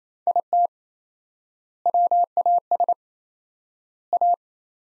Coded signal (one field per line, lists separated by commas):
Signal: Morse code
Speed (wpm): 28 wpm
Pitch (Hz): 700 Hz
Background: none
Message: IT WAS A